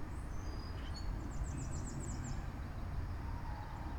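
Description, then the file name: Birds: bird trill: a quick run of rapid, very high repeated notes in the middle, preceded by brief chirps, over a steady low rumble. Recorded outside. "Birds Chirping outside Krucifix Productions"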